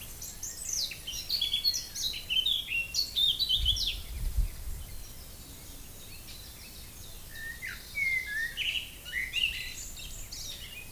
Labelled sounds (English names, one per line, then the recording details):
Eurasian Blackcap song
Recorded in the wild
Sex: male
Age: adult
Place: Lübars (Fließtal), Berlin, DE
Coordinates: 52.6167, 13.35
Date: 2000-06-04 14:19
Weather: fair, 27°C
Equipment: Nagra SN, Kopie Uher 4000 Report Monitor
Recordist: Tembrock, Günter